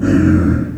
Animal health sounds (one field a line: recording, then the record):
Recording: squeal of a Yucatan mini pig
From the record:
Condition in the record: after surgery on the right vocal fold (resection and tissue-engineered implant)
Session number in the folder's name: 7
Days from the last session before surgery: 47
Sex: female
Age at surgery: 19 weeks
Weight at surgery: 25 kg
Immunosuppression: prednisolone